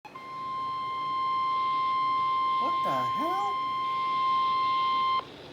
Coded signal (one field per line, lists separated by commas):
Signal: Emergency Alert System (SAME) tones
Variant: 1050 Hz attention tone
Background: speech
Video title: Severe Thunderstorm Warning at 2 AM (EAS #1,201) 8/17/19